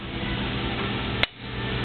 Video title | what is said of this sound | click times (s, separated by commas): GM Turbo Hydramatic TH 700R-4 TV Throttle Valve Adjustment GM 4L60 Automatic Transmission | There. It just snapped, which means it's self ratcheted out to the right spot. | 1.2 s